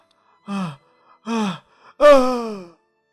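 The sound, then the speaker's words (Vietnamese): Three strained, voiced gasps from an old woman breathing her last breaths before dying, each a short rasping breath with a falling pitch, the last one the loudest and longest, separated by brief silences. “Bà cụ Khá nói rồi thở hắt ra mấy hơi, trợn trừng đôi mắt mà chết đi.”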